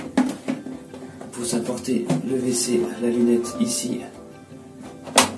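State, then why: Seated. A smart heated electronic toilet seat is slid onto the toilet bowl over its screwed-down mounting bracket while someone talks over background music, with a few light knocks early on. A sharp click at 5.2 s marks the seat's latch snapping home, and the seat is confirmed fitted.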